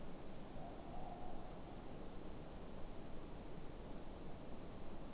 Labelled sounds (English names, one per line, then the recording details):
Morepork more-pork call
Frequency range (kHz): Morepork 0.6-0.9 kHz
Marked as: faintness 4/5
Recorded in New Zealand
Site Eglinton